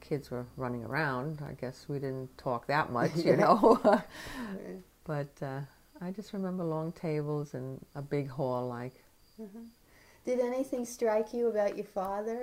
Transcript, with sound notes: Yeah, kids were running around, I guess. We didn't talk that much, you know. [laughter] But I just remember long tables and a big hall-like —
Uh-hmm. Did anything strike you about your father?